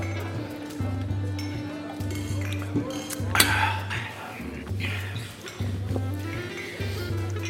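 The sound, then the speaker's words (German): Glasses clink together in a toast, a single bright, ringing chime partway through, set over a steady, repeating low droning background. “Prost. Prost.”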